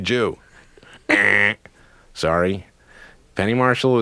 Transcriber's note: imitating buzzer